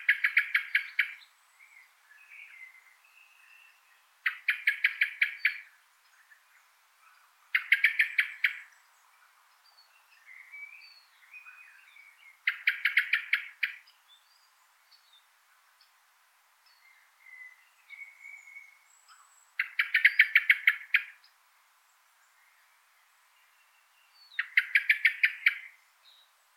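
A common blackbird gives six loud, rapid rattling bursts every few seconds, with softer twittering and warbled phrases between them.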